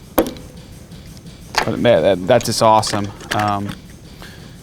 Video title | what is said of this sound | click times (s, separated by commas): Beginners Tool Box: Must-Have Tools For New Mechanics in 2024! #cya #mechanic #autorepair #tools | and you put it on here it locks in place they don't drop | 0.2 s